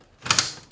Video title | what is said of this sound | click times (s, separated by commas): A única unidade de CD-ROM com um botão Turbo! | But if I slide it in the front here, clicks right into place. | 0.3 s, 0.4 s